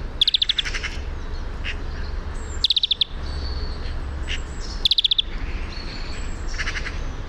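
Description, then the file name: European greenfinch calls: short, rapid stuttering trills of clipped notes, given three times a couple of seconds apart, with fainter chirps between. "Chloris chloris"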